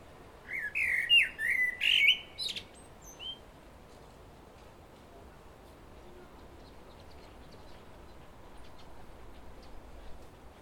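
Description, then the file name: Common blackbird singing one warbled phrase of fluted notes tipped with high twittering, followed by several seconds of quiet hiss. "Turdus merula"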